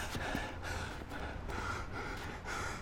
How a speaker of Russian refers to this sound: Он бьет грушу ногами, руками. Наконец, тяжело дыша, он просто держится за нее.